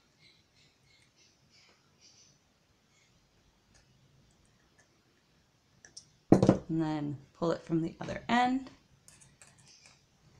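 A fastening tie or strap around a bundle of wine corks for a homemade cork trivet is pulled from the other end to tighten it, with faint soft ticks and rustles and a few sharper taps near 6 seconds. Someone talks through the middle of the clip. Nothing has seated or clicked into place yet.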